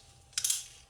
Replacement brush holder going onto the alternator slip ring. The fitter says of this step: you hear that click? Now it's on the new one